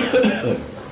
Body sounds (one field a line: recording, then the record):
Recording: coughing mixed with background sound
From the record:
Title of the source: Spring Cold Coughing.